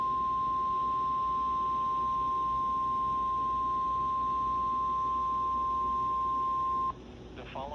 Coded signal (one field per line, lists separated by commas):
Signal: Emergency Alert System (SAME) tones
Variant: 1050 Hz attention tone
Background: speech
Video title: LOT in a nutshell | 6/25/23 | EAS #163-164 |